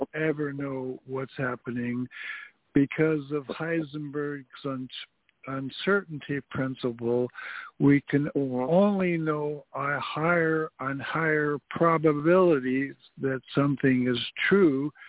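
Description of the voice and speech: Slow, effortful adult male speech with drawn-out sounds and frequent pauses, from a speech impediment that began suddenly in March while bending over and pounding in wooden stakes, attributed to heavy tobacco smoking; typing and writing are unaffected, but spoken communication is very difficult and slow.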